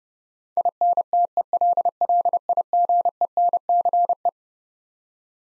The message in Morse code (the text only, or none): INTELLIGENCE